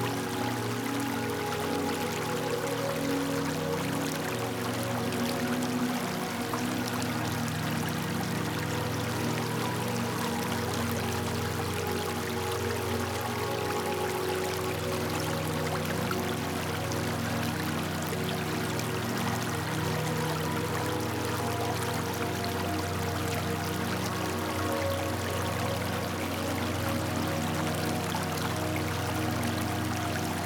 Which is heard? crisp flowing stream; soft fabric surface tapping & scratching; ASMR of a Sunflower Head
crisp flowing stream